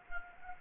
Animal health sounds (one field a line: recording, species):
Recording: mosquito wingbeat signal from an infrared sensor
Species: Anopheles arabiensis